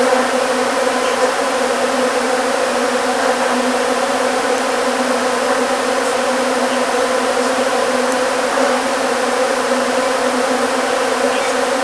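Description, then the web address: Bees buzzing: a dense, continuous droning hum, steady throughout with no breaks. "anasyn caracalla thesis Y 06 bees"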